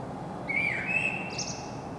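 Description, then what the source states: Common blackbird song: a single brief fluted whistle phrase, slightly rising, capped by a thin high squeak, with steady background hum. Singing, recorded in Saint-Gilles, Belgium, with a Sony PCM-M10 internal microphone.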